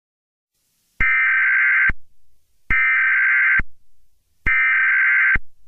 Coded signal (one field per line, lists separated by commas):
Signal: Emergency Alert System (SAME) tones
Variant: header bursts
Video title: EAS Scenario - T H E F O G I S C O M I N G